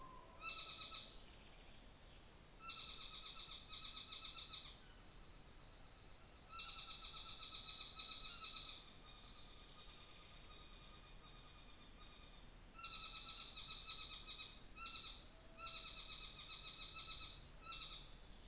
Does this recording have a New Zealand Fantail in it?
no